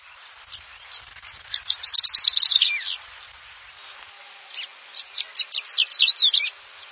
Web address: slender billed short toed lark call